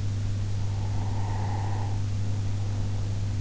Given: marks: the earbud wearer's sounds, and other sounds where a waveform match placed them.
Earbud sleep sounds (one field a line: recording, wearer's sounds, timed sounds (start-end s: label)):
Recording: sounds in sleep by an in-ear microphone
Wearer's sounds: breath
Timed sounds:
0.66-3.12 s: breath